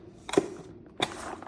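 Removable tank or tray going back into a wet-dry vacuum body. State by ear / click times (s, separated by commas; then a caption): not seated / none. A removable plastic tank or tray is being fitted back onto the body of a Dreame H12 Pro cordless wet-dry vacuum cleaner after cleaning. Two short broadband plastic knocks of handling are heard, near 0.35 and 1.0 seconds, each trailing into a brief rustle. Nothing has seated or clicked into place yet.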